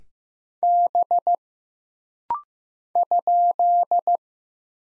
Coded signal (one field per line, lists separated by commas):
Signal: Morse code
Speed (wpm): 15 wpm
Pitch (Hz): 700 Hz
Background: none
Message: B ?